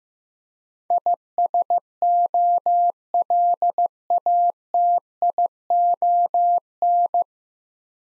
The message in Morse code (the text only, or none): ISOLATION